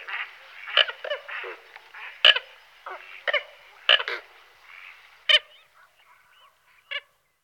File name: Lyska hrebenata Fulica cristata